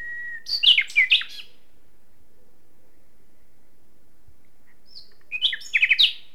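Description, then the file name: Common nightingale song: a thin whistle leading into a chattering phrase, a long silence, then another quick burst of sharp repeated notes. "Luscinia megarhynchos"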